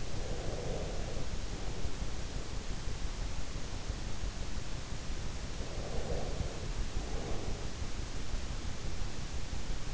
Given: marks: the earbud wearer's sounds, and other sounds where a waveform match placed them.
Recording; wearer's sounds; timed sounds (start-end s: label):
sounds in sleep by an in-ear microphone; breath
0.00-2.08 s: breath
5.68-7.65 s: breath